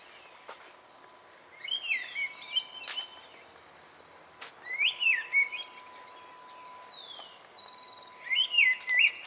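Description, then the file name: Bird singing: twittering, slurred whistled phrases that jump up and down, repeated three times, with high thin notes between them and a faint steady tone underneath. Recorded at dawn. "Pajaros de Madrugada"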